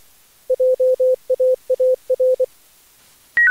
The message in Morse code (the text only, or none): JAAR